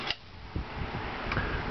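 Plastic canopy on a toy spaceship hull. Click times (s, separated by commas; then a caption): 0.1 s, 1.3 s. The plastic canopy on the hull of a Star Wars Slave 1 toy spaceship is moved until it clicks, with sharp clicks at 0.1 s and 1.3 s over a low, steady background. The canopy ends up locked in position, though the clicking suggests the plastic tabs holding it may be under too much stress and could break with repeated play.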